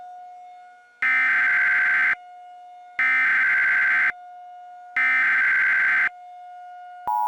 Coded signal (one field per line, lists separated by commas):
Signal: Emergency Alert System (SAME) tones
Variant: header bursts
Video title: EAS - Red Lightning